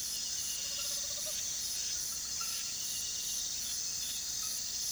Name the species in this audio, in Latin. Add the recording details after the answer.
none. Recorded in pastures near Puerto Asís, Putumayo, Colombia, on 18 February 2024 at 04:30. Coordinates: 0.466, -76.323. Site G6384